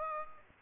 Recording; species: mosquito wingbeat signal from an infrared sensor; Culex pipiens